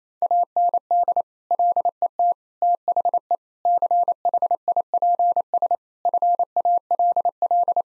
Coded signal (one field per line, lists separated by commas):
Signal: Morse code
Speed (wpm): 28 wpm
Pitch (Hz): 700 Hz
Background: none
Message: AND LET THE CHIPS FALL